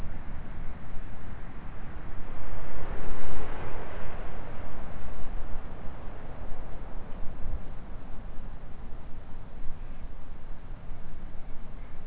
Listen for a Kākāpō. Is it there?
no